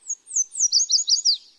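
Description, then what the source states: Yellow Warbler song: a quick run of several bright, high slurred notes, clean with no other sounds. Sings in spring and summer from treetops in city parks and streamsides, Mexico to Canada; favours willow trees near running water.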